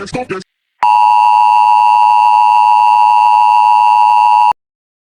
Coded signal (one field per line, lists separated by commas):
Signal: Emergency Alert System (SAME) tones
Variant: 853 and 960 Hz attention tone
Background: speech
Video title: UNO REVERSE CARD VS THE NAVY STRIKERS!! (EAS Scenario)